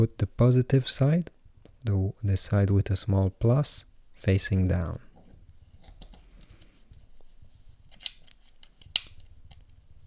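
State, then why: Seated. Someone talks for the first five seconds while a CR2032 coin cell is placed positive side down into the battery holder of a Mitsubishi Outlander, Endeavor or Eclipse key fob remote. After that come quiet handling sounds and a few faint ticks as the cell is pushed in. A sharp, loud click at 9.0 s marks the coin cell seating in the holder.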